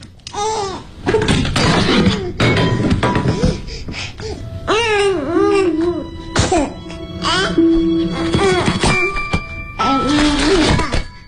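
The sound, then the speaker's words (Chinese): An infant babbles and coos in bursts, its high voice sliding up and down in pitch, with soft background music, thumps and a bell-like ding underneath, in a clip from the animated short film Bao as the little dumpling comes back to life. “这个婴儿的呓语呢，就是小包子复活了。”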